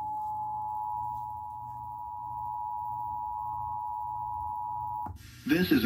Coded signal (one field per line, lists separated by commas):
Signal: Emergency Alert System (SAME) tones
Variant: 853 and 960 Hz attention tone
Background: speech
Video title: Required monthly tests (EAS #48-56) 11/1/2021